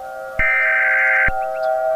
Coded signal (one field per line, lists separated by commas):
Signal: Emergency Alert System (SAME) tones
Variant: header bursts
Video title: "9/11" - A Historical EAS Scenario (#11)